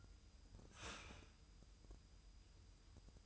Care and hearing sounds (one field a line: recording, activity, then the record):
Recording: daily activity, microphone in the room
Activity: start toaster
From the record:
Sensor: 2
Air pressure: 988.5 hPa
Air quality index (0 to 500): 192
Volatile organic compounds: 191 ppm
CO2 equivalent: 4182 ppm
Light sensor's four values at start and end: 20/68/26/25 and 20/68/26/25